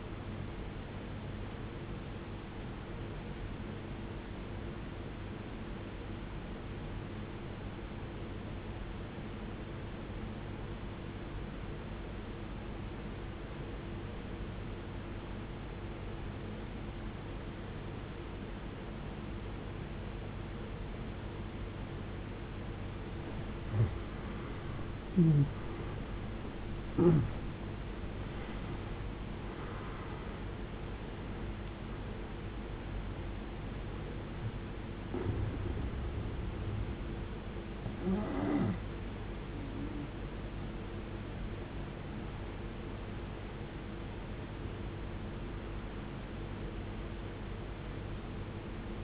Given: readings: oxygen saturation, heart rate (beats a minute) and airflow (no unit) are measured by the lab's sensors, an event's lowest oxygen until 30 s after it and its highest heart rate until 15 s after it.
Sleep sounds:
breathing in sleep by a voice recorder at the bedside; 1
5.00-25.70 s: obstructive apnea (N1, oxygen 95% highest, then 86% lowest, heart rate 57 at the start, 83 highest)
From the record:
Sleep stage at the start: N1 (lightest sleep); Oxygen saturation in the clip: 79 to 95%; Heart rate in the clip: 53 to 83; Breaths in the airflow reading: 6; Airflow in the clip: -18.5 to 17.8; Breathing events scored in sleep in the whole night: 389 in 6.3 hours asleep

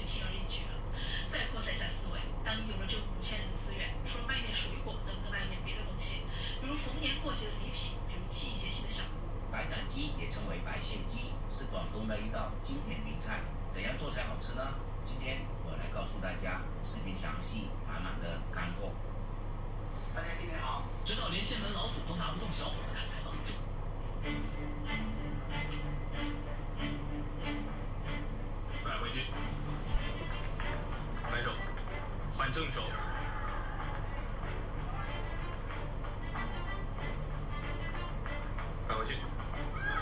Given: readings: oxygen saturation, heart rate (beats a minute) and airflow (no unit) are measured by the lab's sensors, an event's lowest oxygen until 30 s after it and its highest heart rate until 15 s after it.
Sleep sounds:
a person awake in a sleep study, by a smartphone at the bedside; none
0.00-40.02 s: awake
From the record:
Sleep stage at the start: awake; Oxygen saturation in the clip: 94 to 95%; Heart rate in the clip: 58 to 71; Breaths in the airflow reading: 12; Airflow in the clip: -10.8 to 10.2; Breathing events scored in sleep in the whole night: 476 in 9.7 hours asleep

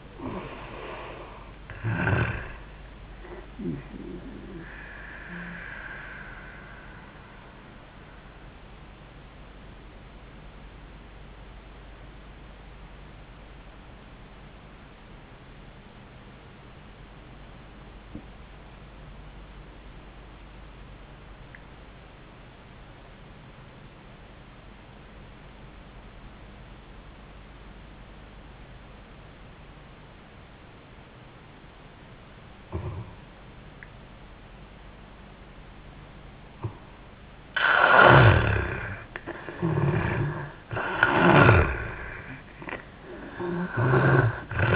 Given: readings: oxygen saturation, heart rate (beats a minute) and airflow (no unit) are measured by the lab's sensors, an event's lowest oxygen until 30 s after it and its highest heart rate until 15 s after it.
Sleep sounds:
breathing in sleep by a voice recorder at the bedside; 1
10.00-35.80 s: obstructive apnea (N1, oxygen 97% highest, then 74% lowest, heart rate 73 at the start, 86 highest)
From the record:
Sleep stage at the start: N1 (lightest sleep); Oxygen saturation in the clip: 76 to 97%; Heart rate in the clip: 69 to 92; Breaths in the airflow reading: 3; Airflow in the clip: -24.1 to 11.6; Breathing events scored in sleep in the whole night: 400 in 8.7 hours asleep

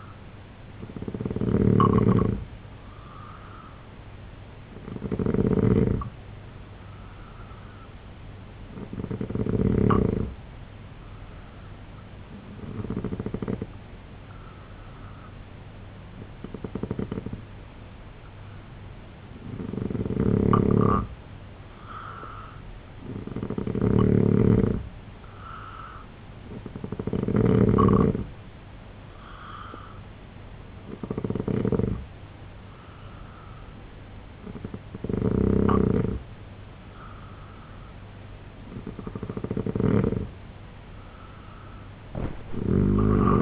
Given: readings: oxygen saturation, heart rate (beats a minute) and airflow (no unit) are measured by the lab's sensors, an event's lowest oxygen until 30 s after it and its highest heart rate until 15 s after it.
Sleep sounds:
breathing in sleep by a voice recorder at the bedside; 1
9.00-24.20 s: hypopnea (N2, oxygen 89% highest, then 86% lowest, heart rate 69 at the start, 78 highest)
From the record:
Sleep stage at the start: N2 (light sleep); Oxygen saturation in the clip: 86 to 89%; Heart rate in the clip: 67 to 79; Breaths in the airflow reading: 10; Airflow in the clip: -3.1 to 5.7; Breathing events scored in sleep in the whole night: 258 in 7.4 hours asleep

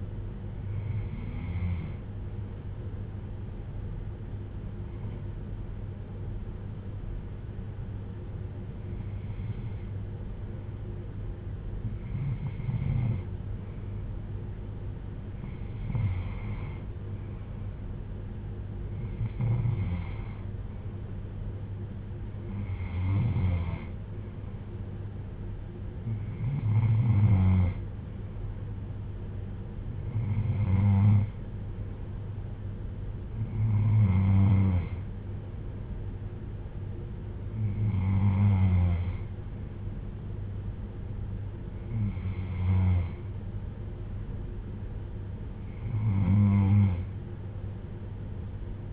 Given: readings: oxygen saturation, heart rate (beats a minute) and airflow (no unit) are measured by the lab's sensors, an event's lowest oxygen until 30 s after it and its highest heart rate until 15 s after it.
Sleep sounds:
breathing in sleep by a smartphone at the bedside; 1
3.00-19.20 s: hypopnea (N3, oxygen 94% highest, then 92% lowest)
From the record:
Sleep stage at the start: N3 (deep sleep); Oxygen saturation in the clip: 92 to 95%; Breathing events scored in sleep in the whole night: 310 in 8.1 hours asleep

